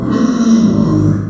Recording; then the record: squeal of a Yucatan mini pig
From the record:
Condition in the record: after surgery on the right vocal fold (resection and tissue-engineered implant); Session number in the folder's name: 7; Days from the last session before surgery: 47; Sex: female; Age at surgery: 19 weeks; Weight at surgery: 25 kg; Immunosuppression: prednisolone